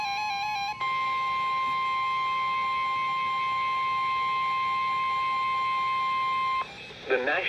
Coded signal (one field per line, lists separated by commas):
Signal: Emergency Alert System (SAME) tones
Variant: 1050 Hz attention tone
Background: speech, music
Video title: Severe Thunderstorm Warning (EAS #1,247) 5/15/20